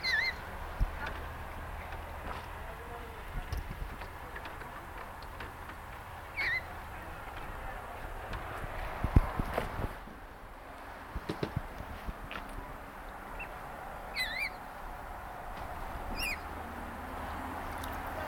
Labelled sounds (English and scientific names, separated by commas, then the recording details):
Eurasian Coot (Fulica atra) call
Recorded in the wild
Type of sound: call, call sequence
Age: juvenile
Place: Eutin, Holsteinische Schweiz, Schleswig-Holstein, DE
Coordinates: 54.132, 10.614
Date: 1992-09-16 14:13
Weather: heiter, 15-19°C
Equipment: Marantz CP 430, Sennheiser ME 80, Kopie Tesla B 116
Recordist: Tembrock, Günter
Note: Eutiner See; Jungvogel, Rufe